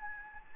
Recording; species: mosquito wingbeat signal from an infrared sensor; Anopheles gambiae